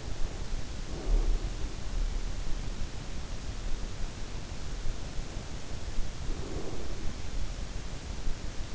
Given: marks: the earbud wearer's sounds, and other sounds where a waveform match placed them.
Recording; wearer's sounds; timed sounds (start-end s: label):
sounds in sleep by an in-ear microphone; breath
0.00-2.26 s: breath
5.13-7.66 s: breath